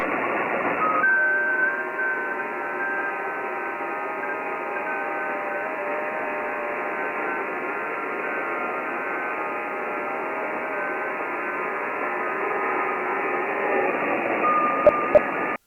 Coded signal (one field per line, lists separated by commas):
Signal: FT8